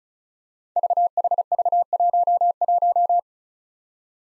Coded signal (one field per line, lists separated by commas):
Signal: Morse code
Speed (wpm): 36 wpm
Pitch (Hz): 700 Hz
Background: none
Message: VHV11